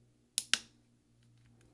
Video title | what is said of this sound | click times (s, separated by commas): RIGHT ARROW key replacement on the 13" Macbook Pro Unibody Core 2 Duo 2.26 Ghz | and then what you're going to do is you're going to just push down till it you hear some snaps | 0.4 s, 0.5 s